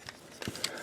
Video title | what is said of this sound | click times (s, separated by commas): Soundwave G1 Transformer Review and How To Transform Tutorial | these arms back until I hear a little click I'm going | 0.7 s